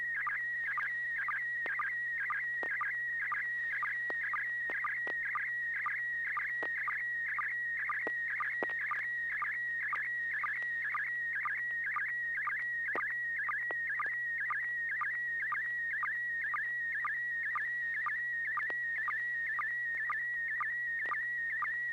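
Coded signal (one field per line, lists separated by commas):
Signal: SSTV (slow-scan television)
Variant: PD120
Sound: steady high warbling tone with regular short low chirps, twice per second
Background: low hum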